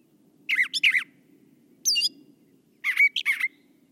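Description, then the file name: Brown thrasher singing varied harsh, chirpy phrases, often in pairs, with a low steady hum beneath. "suara kicauan brown thrasher. omkicau"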